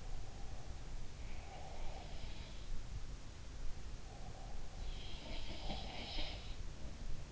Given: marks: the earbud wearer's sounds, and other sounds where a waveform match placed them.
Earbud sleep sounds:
sounds in sleep by an in-ear microphone; breath
0.00-2.38 s: breath
3.90-4.75 s: breath
5.24-6.46 s: sound from someone else or the room

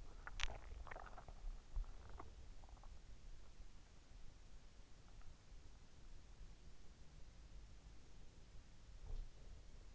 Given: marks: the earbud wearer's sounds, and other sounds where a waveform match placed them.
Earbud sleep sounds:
sounds in sleep by an in-ear microphone; teeth grinding
0.00-2.50 s: teeth grinding

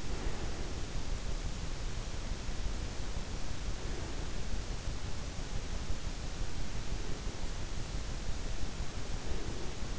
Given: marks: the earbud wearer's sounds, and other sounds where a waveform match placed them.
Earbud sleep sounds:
sounds in sleep by an in-ear microphone; breath
0.00-0.92 s: breath
8.94-9.94 s: breath

